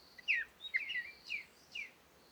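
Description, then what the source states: Birds chirping: a few loud, sharp, down-slurred notes. Morning birds in calm conditions with wind, Komati, Africa.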